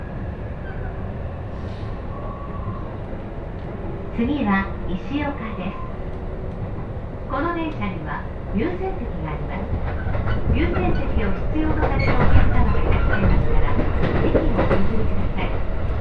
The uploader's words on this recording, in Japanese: 耳で楽しむ鉄道旅 常磐線 勝田→石岡。というわけで土浦行きは5両のためかなり混んでいます。